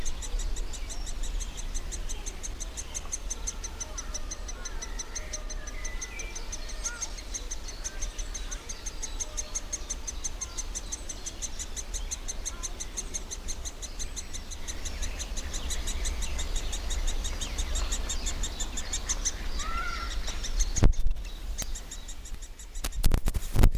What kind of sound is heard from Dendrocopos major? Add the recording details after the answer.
call. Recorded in the wild. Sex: male. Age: juvenile. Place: Lübars (Fließtal), Berlin, DE. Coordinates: 52.6167, 13.35. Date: 1999-05-30 11:15. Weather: heiter, 26°C. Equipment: Sony MD-WM MZ-R3, Sennheiser ME 80, Kopie Uher 4000 Report Monitor. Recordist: Tembrock, Günter. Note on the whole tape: Laute aus der Bruthöhle